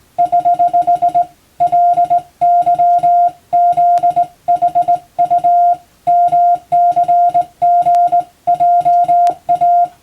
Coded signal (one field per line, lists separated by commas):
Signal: Morse code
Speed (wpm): 20 wpm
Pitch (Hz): 700 Hz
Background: music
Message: <HH> LYZHU MCGJA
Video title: 無線従事者国家試験総合無線通信士電気通信術のトレーニングにＣＷを打ってみました。アマチュア無線ハムの受信練習にもどうぞ(morse code practice for radio operator )